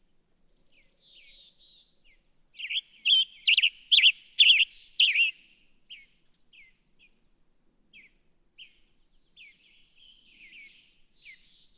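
Western tanager song: faint notes, then a run of hoarse, burry phrases rising and falling, about two a second, trailing off into soft scattered chips.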